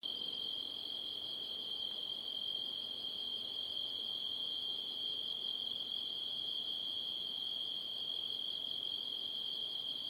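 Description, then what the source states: Cricket producing an even, shrill, nonstop trill that holds the same pitch and loudness from start to finish. At night.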